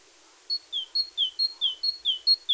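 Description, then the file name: Great tit giving a series of clear two-note whistles, high then lower, repeated briskly about every half second over a soft hiss. "Parus major"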